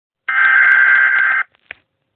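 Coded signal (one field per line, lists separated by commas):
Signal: Emergency Alert System (SAME) tones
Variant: header bursts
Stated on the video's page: Fictional EAS scenario with simulated alert tones.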